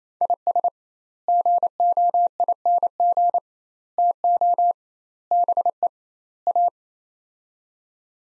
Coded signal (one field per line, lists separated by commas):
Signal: Morse code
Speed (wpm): 27 wpm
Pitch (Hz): 700 Hz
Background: none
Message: IS GOING TO BE A